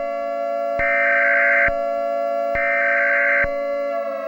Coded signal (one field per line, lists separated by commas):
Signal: Emergency Alert System (SAME) tones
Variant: header bursts